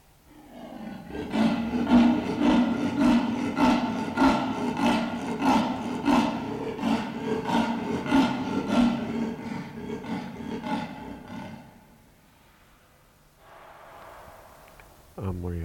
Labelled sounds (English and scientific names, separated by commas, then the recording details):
Leopard (Panthera pardus)
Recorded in captivity
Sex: female
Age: adult
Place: Tierpark Berlin, Berlin, DE
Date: 1993-12-18 12:35
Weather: bedeckt, 2°C
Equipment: Marantz CP 430, Sennheiser MKH 416 T, Kopie Uher Variocord 263
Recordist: Tembrock, Günter